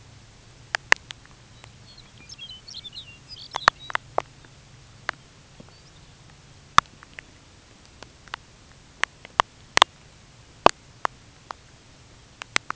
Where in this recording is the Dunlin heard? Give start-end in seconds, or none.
none